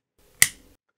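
A brass nozzle threaded into a 3D printer hotend's hot heater block is tightened with a preset torque wrench while the block is held with an adjustable wrench. The torque wrench gives a single sharp click at 0.4 seconds when it reaches its torque setting, followed by a short fading ring. The nozzle is confirmed tightened to the correct torque.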